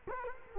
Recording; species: mosquito wingbeat signal from an infrared sensor; Culex quinquefasciatus